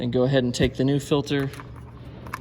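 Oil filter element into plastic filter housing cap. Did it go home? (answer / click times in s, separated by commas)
no / none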